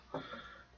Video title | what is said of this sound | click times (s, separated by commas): GE Dryer Repair - Start Switch Broken to Down Inside Control Panel | and then it'll just snap in place just like that | 0.1 s